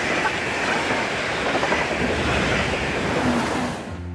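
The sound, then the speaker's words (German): A train rumbles steadily along the tracks, heard from inside an open-plan passenger carriage, a dense, continuous roar of rattling and rushing noise with no voices, dropping off abruptly near the end. “Wie gesagt, der entscheidende Unterschied zu heute, damals saß ich im Zug.”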